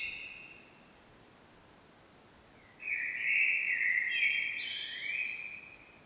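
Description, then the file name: Common blackbird song: a brief fluted note, a two-second pause, then a long, loud warbling phrase with high, chattering twitters mixed in. "Turdus merula"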